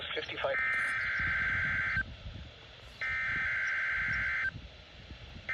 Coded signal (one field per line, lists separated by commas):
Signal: Emergency Alert System (SAME) tones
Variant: header bursts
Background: speech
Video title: (EAS #252) KMKX Required Weekly Test